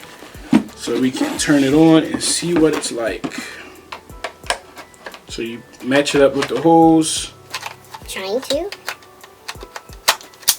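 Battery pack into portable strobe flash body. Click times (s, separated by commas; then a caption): 10.1 s, 10.5 s. A lithium battery pack is lined up and pushed down into the bottom of a Godox AD400Pro portable studio strobe while someone talks, with light knocks and handling sounds along the way. Two sharp clicks at 10.1 s and 10.5 s mark the pack latching and locking into place.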